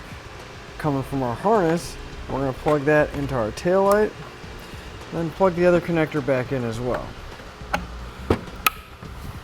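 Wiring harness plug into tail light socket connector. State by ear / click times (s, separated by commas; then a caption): seated / 8.7 s. Someone talks while the last plastic connector of a Curt T-Connector vehicle wiring harness is plugged into the tail light connector on a 2017 Dodge Journey. A few small handling knocks come first, then a loud, sharp snap at 8.7 s as the connector latches and seats.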